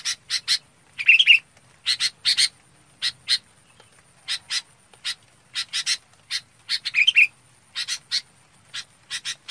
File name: Tieng chao mao bong goi bay